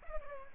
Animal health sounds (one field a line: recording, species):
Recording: mosquito wingbeat signal from an infrared sensor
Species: Culex pipiens